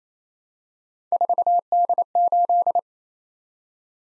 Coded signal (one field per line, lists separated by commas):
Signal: Morse code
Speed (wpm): 27 wpm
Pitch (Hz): 700 Hz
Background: none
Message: 4D8